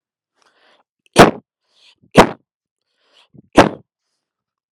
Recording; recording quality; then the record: heavy voluntary cough; excellent, no background noise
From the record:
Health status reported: healthy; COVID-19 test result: not tested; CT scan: not taken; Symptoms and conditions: none ticked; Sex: male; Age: 42 years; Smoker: no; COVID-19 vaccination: one dose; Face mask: not worn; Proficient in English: yes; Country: India